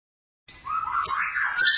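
Long-tailed Shrike song: a short, harsh, scratchy phrase with a rising buzzy note and piercing high chatter.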